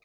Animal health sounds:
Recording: pig call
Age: piglet (1 to 25 days)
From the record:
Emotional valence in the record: positive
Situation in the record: short reunion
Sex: male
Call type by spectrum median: low-frequency call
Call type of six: low-frequency tonal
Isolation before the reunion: 3 minutes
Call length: 0.04 s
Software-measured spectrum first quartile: 1512 Hz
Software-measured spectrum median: 2330 Hz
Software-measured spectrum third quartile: 2990 Hz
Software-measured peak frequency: 2322 Hz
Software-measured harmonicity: 4.7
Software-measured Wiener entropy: -2.10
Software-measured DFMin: 746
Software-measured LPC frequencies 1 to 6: 1147, 2276, 2460, 3803, 4397, 5052 Hz

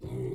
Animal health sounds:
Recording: pig call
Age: weaner (32 to 43 days)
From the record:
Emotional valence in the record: negative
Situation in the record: novel object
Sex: female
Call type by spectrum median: low-frequency call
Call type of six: low-frequency stable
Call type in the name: low-frequency stable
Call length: 0.35 s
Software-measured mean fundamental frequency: 57 Hz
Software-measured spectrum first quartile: 127 Hz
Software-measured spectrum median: 263 Hz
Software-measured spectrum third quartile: 402 Hz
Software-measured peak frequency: 381 Hz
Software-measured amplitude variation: 157 dB a second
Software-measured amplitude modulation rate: 23.9 a second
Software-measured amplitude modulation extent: 6.6 dB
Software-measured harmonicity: -1.5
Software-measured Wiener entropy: -0.06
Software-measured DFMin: 1063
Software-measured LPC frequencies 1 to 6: 359, 2125, 3517, 6322, 7190, 7819 Hz

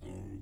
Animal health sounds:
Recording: pig call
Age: weaner (32 to 43 days)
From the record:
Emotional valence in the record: negative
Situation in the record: negative conditioning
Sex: female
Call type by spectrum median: low-frequency call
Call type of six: low-frequency stable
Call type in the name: low-frequency stable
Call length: 0.42 s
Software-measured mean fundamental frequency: 38 Hz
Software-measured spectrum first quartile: 92 Hz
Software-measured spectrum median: 211 Hz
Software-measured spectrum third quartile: 412 Hz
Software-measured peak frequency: 296 Hz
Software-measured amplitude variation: 115 dB a second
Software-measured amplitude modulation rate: 33.6 a second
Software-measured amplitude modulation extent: 3.4 dB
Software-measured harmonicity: 0.0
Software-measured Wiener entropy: 0.33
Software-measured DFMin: 946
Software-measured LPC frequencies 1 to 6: 311, 1996, 2801, 3325, 4450, 6293 Hz

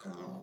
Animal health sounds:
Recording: pig call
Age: piglet (1 to 25 days)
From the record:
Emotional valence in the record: negative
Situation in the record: long isolation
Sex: male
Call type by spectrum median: low-frequency call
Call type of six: low-frequency modulated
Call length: 0.44 s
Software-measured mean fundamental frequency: 49 Hz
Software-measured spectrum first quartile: 213 Hz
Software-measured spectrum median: 389 Hz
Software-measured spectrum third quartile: 939 Hz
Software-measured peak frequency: 192 Hz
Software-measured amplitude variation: 123 dB a second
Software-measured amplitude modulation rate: 12.6 a second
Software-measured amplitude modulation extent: 9.8 dB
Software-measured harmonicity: 4.2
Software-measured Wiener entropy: -0.38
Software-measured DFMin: 1034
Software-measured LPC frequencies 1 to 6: 1136, 3418, 4101, 5042, 6014, 7410 Hz

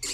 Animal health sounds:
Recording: pig call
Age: weaner (32 to 43 days)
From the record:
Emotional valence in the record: negative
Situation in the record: short isolation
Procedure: open field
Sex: female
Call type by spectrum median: high-frequency call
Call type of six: high-frequency stable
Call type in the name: high-frequency stable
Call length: 0.13 s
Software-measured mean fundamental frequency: 282 Hz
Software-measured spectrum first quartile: 3581 Hz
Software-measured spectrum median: 5578 Hz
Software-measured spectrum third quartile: 7575 Hz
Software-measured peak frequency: 7455 Hz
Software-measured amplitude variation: 49 dB a second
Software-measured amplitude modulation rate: 11.3 a second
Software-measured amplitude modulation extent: 4.4 dB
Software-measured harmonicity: 1.0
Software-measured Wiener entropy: -1.70

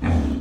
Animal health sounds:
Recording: pig call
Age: growing-finishing pig (85 days or more)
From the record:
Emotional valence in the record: negative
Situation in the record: barren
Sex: female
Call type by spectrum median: low-frequency call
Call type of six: low-frequency stable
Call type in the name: low-frequency stable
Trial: 1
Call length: 0.41 s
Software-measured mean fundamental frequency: 39 Hz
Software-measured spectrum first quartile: 86 Hz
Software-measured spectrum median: 189 Hz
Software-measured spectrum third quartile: 376 Hz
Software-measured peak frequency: 246 Hz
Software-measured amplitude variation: 127 dB a second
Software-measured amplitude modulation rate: 25.6 a second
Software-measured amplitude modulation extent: 5.0 dB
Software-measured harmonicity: -1.5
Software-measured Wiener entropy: -0.90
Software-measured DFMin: 1068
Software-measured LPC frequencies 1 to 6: 1744, 2397, 3352, 6188, 7189, 8181 Hz

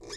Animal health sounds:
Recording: pig call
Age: weaner (32 to 43 days)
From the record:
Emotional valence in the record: negative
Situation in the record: long isolation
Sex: female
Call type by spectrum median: high-frequency call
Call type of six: mixed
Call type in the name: high-frequency modulated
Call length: 0.16 s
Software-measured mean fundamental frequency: 519 Hz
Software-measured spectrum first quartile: 584 Hz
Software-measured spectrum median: 2702 Hz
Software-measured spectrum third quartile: 5526 Hz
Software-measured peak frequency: 409 Hz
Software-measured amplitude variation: 80 dB a second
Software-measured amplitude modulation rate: 12.4 a second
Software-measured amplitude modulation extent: 6.5 dB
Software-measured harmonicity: 4.8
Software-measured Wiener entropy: -3.23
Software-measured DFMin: 616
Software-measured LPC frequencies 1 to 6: 449, 1778, 3548, 5145, 6071, 6679 Hz

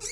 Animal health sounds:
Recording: pig call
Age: weaner (32 to 43 days)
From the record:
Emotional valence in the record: negative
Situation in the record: novel object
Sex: female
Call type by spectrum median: high-frequency call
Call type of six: high-frequency stable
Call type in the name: high-frequency stable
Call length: 0.12 s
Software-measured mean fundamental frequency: 499 Hz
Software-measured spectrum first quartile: 2164 Hz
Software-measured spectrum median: 5350 Hz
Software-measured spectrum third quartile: 6907 Hz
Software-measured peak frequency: 5798 Hz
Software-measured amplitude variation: 118 dB a second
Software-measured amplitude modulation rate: 8.2 a second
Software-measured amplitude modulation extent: 14.4 dB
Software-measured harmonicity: 3.1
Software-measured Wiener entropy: -2.02

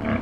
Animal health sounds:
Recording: pig call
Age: growing-finishing pig (85 days or more)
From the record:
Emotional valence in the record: positive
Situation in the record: enriched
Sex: female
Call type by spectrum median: low-frequency call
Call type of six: low-frequency stable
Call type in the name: low-frequency stable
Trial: 4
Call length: 0.21 s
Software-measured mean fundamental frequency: 57 Hz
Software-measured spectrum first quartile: 203 Hz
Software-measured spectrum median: 418 Hz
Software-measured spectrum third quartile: 1046 Hz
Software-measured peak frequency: 236 Hz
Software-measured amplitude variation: 144 dB a second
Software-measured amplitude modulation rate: 23.4 a second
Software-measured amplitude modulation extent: 6.1 dB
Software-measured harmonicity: 0.7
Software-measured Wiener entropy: -1.01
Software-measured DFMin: 461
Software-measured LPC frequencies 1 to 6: 1510, 2248, 2935, 4420, 6197, 7140 Hz

